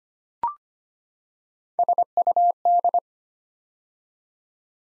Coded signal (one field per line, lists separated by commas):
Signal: Morse code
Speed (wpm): 25 wpm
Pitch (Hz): 700 Hz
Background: none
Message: SUD